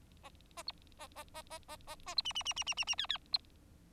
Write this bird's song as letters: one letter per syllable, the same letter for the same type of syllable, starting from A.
A A B A A A A A A A B C C C C C C C D D B